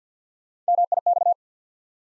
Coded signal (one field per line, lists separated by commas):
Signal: Morse code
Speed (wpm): 50 wpm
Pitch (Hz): 700 Hz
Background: none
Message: M I X